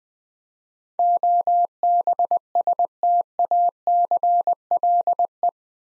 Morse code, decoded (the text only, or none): OBSTACLE